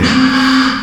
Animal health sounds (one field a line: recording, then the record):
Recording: squeal of a Yucatan mini pig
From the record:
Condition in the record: after surgery on the right vocal fold (resection and tissue-engineered implant)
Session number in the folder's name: 14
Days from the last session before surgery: 133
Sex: female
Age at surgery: 19 weeks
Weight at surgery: 25 kg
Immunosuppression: prednisolone